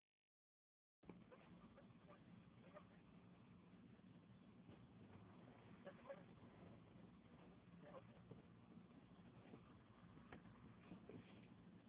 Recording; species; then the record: mosquito flight sound by mobile phone; Anopheles gambiae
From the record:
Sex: female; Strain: Kisumu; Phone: Huawei 866C